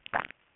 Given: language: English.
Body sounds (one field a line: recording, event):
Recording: throat vibration sensor signal played as sound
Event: swallow